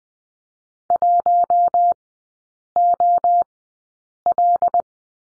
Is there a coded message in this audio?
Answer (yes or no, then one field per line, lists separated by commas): yes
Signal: Morse code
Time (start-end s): 0.9-4.8 s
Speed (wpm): 20 wpm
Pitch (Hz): 700 Hz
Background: none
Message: 1OL